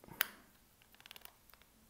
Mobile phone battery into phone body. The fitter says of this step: cliper la batterie qui se clipse comme ça hop par